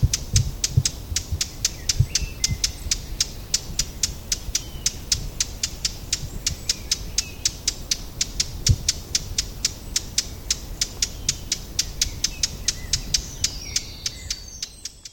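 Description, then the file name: Eurasian blackcap giving many hard, dry tacking clicks, repeated steadily throughout, over a low rumbling background. "Sylvia atricapilla"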